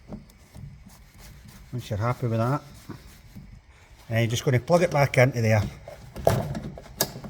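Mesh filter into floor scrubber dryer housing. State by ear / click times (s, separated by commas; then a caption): seated / 6.3 s, 7.0 s. A cleaned mesh filter, its rubber seal checked, is plugged back into its housing on a Eureka E46B floor scrubber dryer while someone talks. Sharp clicks at 6.3 s and 7.0 s mark the filter locking into place, seated.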